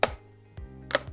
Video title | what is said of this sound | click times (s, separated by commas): First Drive Audi Q5 - Assembly Tutorial by Miguel | and they click into place and of course you repeat for the other side | 0.0 s, 0.9 s